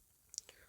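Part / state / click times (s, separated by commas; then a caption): trigger safety lock on a pressure washer spray gun / seated / 0.4 s. The safety lock under the trigger of a Kortex pressure washer spray gun is flipped into position, giving a sharp plastic click at 0.4 s and a softer click near 0.5 s. The lock seats, locking the gun so children can't use it.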